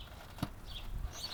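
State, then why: Seated. While changing the air filter on a 2009 Nissan Cube 1.8L, the plastic air filter housing cover is pushed down until its right-hand retaining tab snaps into its slot in the housing. A single sharp click at 0.4 s stands out against low background noise. The tab is confirmed seated.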